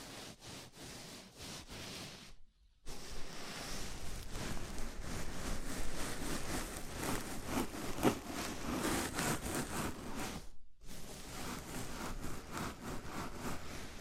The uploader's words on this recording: ASMR Sleepy Scalp Massage (No Talking).